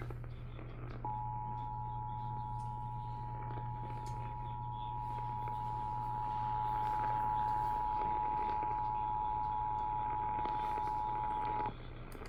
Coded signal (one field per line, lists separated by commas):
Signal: Emergency Alert System (SAME) tones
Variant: 853 and 960 Hz attention tone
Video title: Eas svr on KTRH 740am and KHJK 103.7fm Eas#1148- 1149)